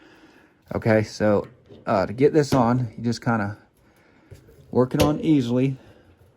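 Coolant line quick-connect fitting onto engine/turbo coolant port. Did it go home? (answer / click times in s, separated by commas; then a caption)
no / none. A coolant line quick-connect fitting is being worked onto the engine/turbo coolant port of a 2014 Chevy Cruze 1.4L Turbo during a turbo replacement. Someone talks through most of the clip, and there are faint handling sounds in a pause around 3.8 s. The fitting has not seated or clicked on yet when the clip ends.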